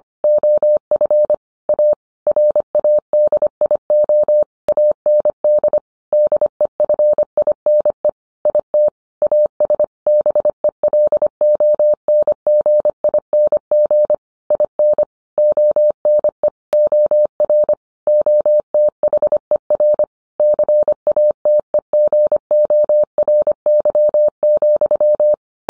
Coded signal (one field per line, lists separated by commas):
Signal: Morse code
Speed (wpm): 25 wpm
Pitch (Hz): 600 Hz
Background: none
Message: OF A RADIO AND DEFINE IT AS BELONGING IN ONE OR OTHER CATEGORY,